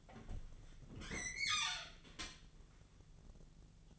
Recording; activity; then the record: daily activity, microphone in the room; open fridge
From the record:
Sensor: 4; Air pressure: 1000.9 hPa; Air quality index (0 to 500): 132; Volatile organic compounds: 2 ppm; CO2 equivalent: 986 ppm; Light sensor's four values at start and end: 31/76/32/34 and 28/66/28/30